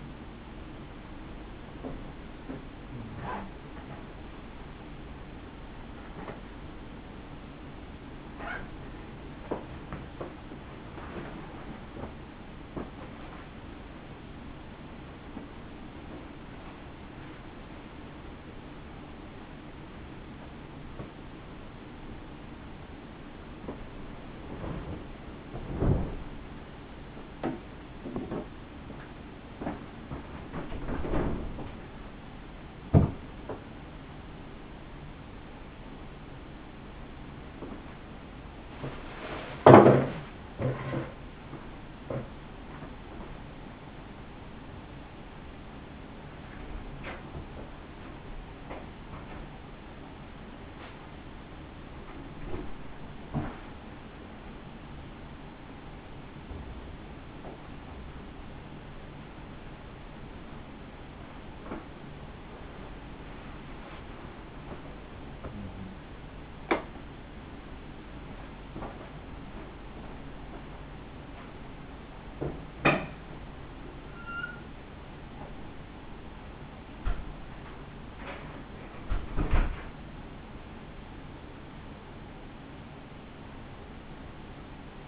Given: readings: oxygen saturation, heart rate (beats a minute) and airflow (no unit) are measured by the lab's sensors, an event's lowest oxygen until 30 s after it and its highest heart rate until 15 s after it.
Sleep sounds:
a person awake in a sleep study, by a voice recorder at the bedside; none
0.00-85.08 s: awake
From the record:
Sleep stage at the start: awake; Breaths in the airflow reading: 28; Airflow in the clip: -0.7 to 0.7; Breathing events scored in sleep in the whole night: 216 in 7.0 hours asleep

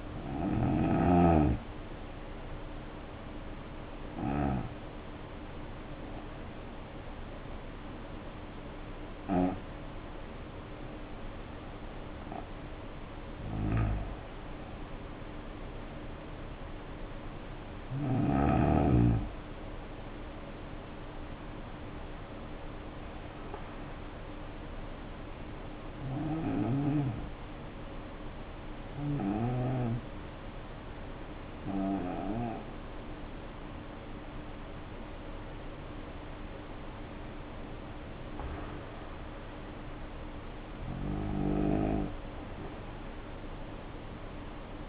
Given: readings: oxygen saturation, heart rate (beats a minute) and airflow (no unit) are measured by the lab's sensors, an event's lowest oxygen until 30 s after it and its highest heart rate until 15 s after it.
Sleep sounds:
breathing in sleep by a voice recorder at the bedside; 2
4.00-19.10 s: hypopnea (N2, oxygen 94% highest, then 90% lowest, heart rate 59 at the start, 69 highest)
25.00-36.30 s: hypopnea (N2, oxygen 93% highest, then 87% lowest, heart rate 69 at the start, 70 highest)
From the record:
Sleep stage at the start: N2 (light sleep); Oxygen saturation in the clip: 76 to 94%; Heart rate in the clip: 57 to 70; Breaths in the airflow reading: 11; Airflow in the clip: -6.3 to 5.0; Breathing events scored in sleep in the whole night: 520 in 7.2 hours asleep

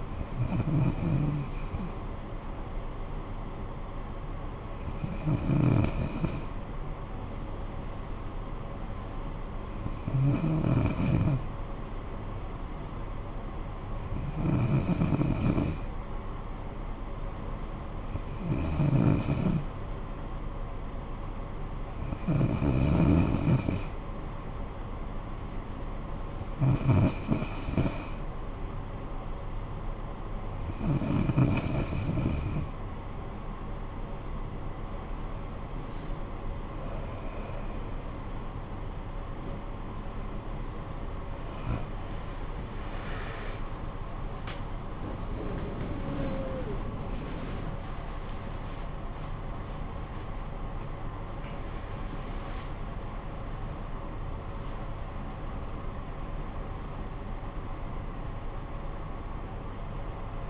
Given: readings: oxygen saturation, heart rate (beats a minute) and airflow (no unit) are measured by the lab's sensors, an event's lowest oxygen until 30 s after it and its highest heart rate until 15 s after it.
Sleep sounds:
breathing in sleep by a smartphone at the bedside; none
42.00-60.50 s: new sleep stage, awake
49.00-60.50 s: awake
From the record:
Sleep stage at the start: N2 (light sleep); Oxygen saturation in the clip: 93 to 95%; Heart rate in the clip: 57 to 100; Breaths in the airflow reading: 14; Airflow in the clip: -17.0 to 25.9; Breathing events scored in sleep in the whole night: 445 in 7.6 hours asleep

